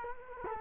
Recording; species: mosquito wingbeat signal from an infrared sensor; Culex quinquefasciatus